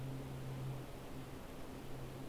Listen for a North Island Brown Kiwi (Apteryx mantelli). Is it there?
no